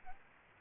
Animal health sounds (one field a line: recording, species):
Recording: mosquito wingbeat signal from an infrared sensor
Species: Aedes albopictus